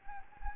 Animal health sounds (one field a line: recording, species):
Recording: mosquito wingbeat signal from an infrared sensor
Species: Anopheles gambiae